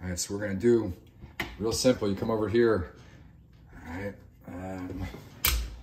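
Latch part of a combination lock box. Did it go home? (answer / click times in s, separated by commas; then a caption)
yes / 5.5 s. Someone talks, then the latch part of a combination lock box is pushed home and makes one firm, sharp click at 5.5 s. The part clicks into place and is seated and firmly secured.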